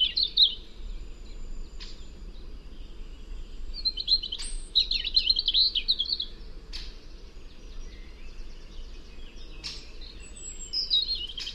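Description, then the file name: European robin singing high, twittering phrases in brief bursts every few seconds, with sharp clicks between them and a constant low background hum. "Erithacus rubecula"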